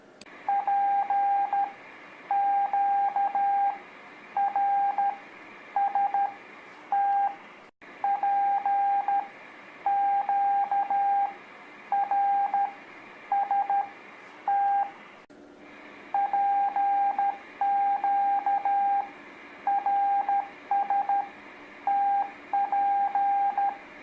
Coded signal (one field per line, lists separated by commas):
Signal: Morse code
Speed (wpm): 13 wpm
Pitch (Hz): 800 Hz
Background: radio noise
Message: P Q R S T P Q R S T PQ RS TP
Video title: Practice Morse Code With Letters P Q R S T | Beginners